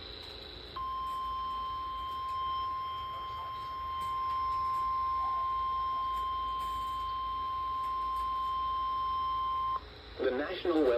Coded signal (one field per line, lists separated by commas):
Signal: Emergency Alert System (SAME) tones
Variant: 1050 Hz attention tone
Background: speech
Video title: (EAS #14) Severe Thunderstorm Warning for Screven, GA, Hampton, SC, Allendale, SC, and Jasper. CHS